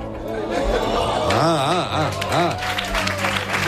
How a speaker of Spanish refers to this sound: Mira, hasta un aplauso levantado.